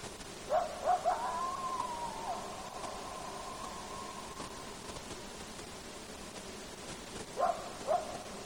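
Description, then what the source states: Coyote calls: a few quick yips and a drawn-out wavering howl, then a pause and two more yips near the end, over steady hiss. Recorded in Alaska at night, 9 August 2018.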